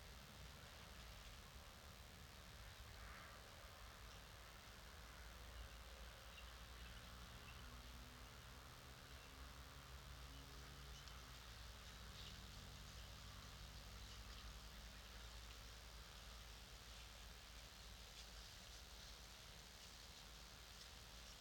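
An evening in a clay pit, recorded with a dummy head: a steady, dense hiss with a low rumble underneath holds level throughout. From about 7 to 14 seconds a faint droning hum wavers in pitch, like a passing engine, while soft scattered ticks sparkle higher up.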